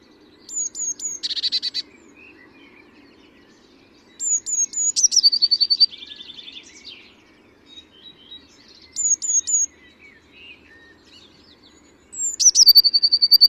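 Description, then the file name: Eurasian blue tit calling: thin high notes followed by buzzy churring trills, in bursts about every four seconds, with a faint low hum underneath. "Cyanistes caeruleus"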